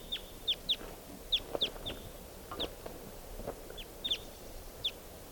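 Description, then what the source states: Red Crossbill (type 2): several brisk falling call notes, given singly and in pairs at irregular intervals. Lone type 2 bird sitting in a treetop by itself.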